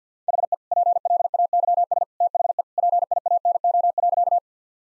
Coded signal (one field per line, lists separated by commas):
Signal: Morse code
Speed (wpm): 50 wpm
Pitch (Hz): 700 Hz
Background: none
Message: HE PLAYS THE PIANO.